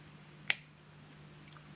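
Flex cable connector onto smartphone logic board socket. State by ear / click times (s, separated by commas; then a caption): seated / 0.5 s. During reassembly of an LG K4 4G smartphone, a small flex cable connector is pressed back onto its logic board socket after a tricky alignment. A single sharp, bright snap rings out at 0.5 s over a faint steady low hum. The connector snaps back into place, seated.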